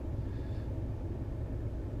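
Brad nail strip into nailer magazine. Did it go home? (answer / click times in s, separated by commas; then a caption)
no / none. A strip of brad nails is slid into the open magazine of a brad nailer, giving only soft handling noise over a steady low rumble with no distinct sounds. Nothing has seated or clicked yet; the strip has not been pushed up and the guard has not been closed.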